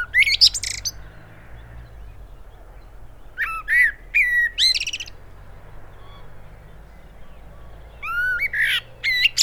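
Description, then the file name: Common blackbird with three separate bursts of whistled notes that break into thin, high twittering, spaced by several seconds of quiet background hum. "Turdus merula"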